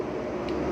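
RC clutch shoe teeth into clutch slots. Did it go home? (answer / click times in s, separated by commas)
no / none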